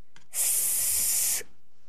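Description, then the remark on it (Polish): A voice imitates a snake with one steady, bright hiss lasting about a second, sharp and breathy, starting and stopping abruptly with no other sounds around it. “Wydaj odgłosy, które te zwierzaki wydają. Wąż.”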